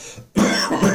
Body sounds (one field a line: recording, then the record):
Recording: coughing mixed with background sound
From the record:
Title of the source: Spring Cold Coughing 3